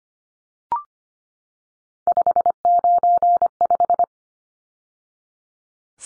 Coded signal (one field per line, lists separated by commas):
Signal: Morse code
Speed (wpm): 25 wpm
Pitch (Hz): 700 Hz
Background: none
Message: 595